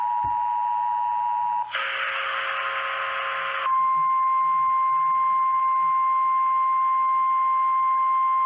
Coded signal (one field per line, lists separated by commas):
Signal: Emergency Alert System (SAME) tones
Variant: 853 and 960 Hz attention tone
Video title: EAS Alerts From Thanksgiving Week 2020 (EAS#34-41)